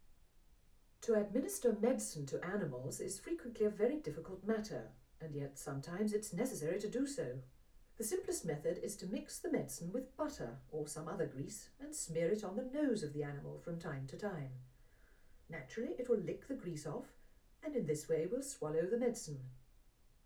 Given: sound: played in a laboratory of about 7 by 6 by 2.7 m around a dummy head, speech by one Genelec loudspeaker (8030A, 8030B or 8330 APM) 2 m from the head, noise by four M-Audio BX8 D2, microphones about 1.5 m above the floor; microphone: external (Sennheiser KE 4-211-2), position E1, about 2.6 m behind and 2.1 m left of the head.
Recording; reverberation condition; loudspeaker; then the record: female speech in English; low; in front (0 degrees)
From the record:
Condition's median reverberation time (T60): about 310 ms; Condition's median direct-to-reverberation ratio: about 3.5 dB